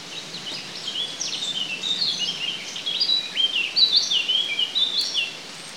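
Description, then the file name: Eurasian blackcap: continuous quick chattering warble of high, varied notes, fairly even in loudness, above steady hiss. "Sylvia atricapilla"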